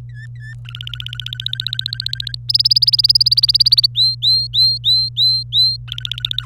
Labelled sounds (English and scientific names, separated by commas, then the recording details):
Domestic Canary (Serinus canaria) song
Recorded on 25 April 2018 at 16:17
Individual llb3